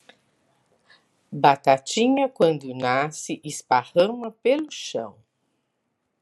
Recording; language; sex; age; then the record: short text; Brazilian Portuguese; female; 60 to 69 years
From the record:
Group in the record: control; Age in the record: 65 years